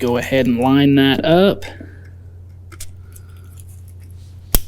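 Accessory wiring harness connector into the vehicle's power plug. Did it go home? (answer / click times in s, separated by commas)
yes / 4.5 s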